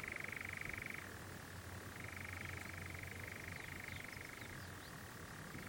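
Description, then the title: European Nightjar churring steadily, switching between a higher trill and a lower one, with faint high chirps in the background. Nocturnal bird churring on a warm June summer evening, on a hill in the Brecon Beacons, amid honeysuckle and foxgloves. "Sound Escape 20: the mesmerising churring of a nightjar on a summer's night"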